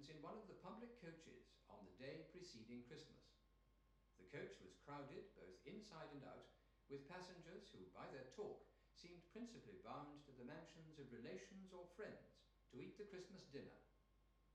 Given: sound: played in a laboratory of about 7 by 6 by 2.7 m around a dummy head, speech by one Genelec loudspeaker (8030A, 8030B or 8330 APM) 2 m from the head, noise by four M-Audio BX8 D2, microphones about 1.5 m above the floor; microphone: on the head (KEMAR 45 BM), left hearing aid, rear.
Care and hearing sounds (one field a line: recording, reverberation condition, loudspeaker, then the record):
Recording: male speech in English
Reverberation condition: medium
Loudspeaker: in front (0 degrees)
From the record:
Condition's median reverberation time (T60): about 510 ms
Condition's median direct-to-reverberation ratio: about -0.5 dB